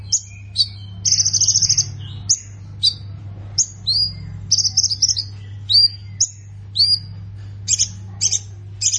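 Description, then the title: Plain prinia producing varied high chirps and short buzzy trills, with some notes sliding downward, spaced irregularly, over a steady low hum. "Ciblek Sawah"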